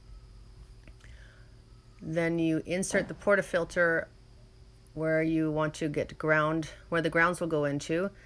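A double filter cup is pressed firmly into an espresso machine's portafilter and snaps into place, giving two quiet, sharp clicks at 0.9 s and 1.0 s. Someone then talks for the rest of the clip.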